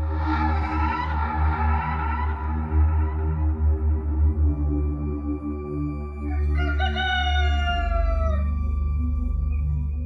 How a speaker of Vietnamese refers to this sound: Tiếng gà gái nối tiếp nhau vang vọng khắp cả xóm chài ven sông.